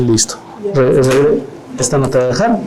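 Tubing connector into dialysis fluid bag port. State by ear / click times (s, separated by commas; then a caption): not seated / none. A tubing connector is handled during a renal replacement therapy bag change, about to be pushed onto the port of a new dialysis fluid bag. Someone talks throughout the clip. The connector has not clicked in or seated yet.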